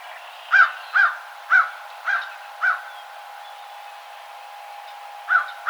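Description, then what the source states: American crow giving harsh caws, five in a steady row about every half second, then a pause before two more. Recorded 2007-03-12.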